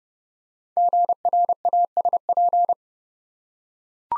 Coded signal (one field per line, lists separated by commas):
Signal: Morse code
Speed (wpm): 28 wpm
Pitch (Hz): 700 Hz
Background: none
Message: GRASP